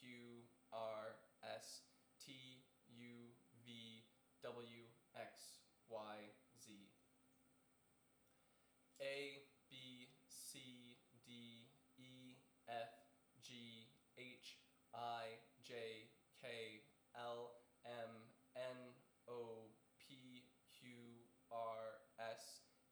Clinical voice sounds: letters of the alphabet, spoken; free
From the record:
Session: seven days later

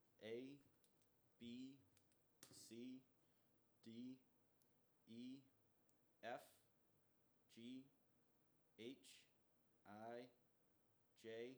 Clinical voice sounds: letters of the alphabet, spoken; free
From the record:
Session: first day, before the bite bar

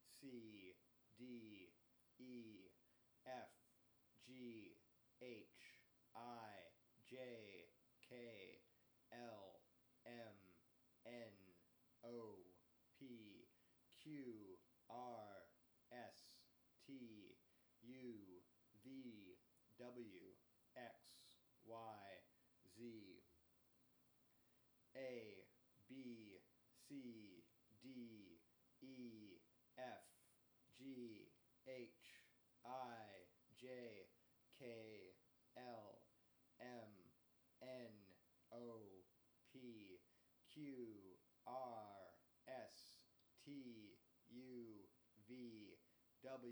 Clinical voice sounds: letters of the alphabet, spoken; free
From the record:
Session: first day, before the bite bar

